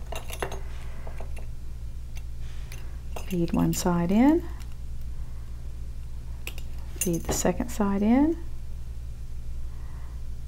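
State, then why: Not seated. A second metal jump ring is opened and handled, with one side fed in, then the second side fed in and crossed over as the ring ends close against each other. Faint metallic taps and clinks are heard over a steady low hum while someone talks. Nothing has seated or clicked yet.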